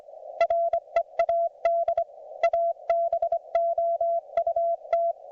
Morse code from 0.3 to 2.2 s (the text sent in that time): READ